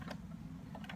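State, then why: Not seated. A small plastic ship from a 1978 toy spaceship is handled and pushed toward its slot in the plastic wing, with a few faint ticks of plastic contact over a steady low hum. Nothing has seated or clicked yet.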